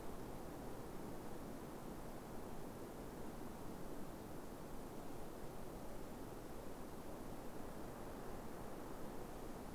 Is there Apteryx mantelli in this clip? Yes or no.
no